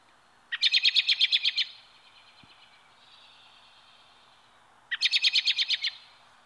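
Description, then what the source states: American Robin chirr: two bursts of rapid, sharp, high notes, each lasting about a second, about four seconds apart, with quiet between them. Warning call called a chirr, said to signal that something horrible is happening nearby.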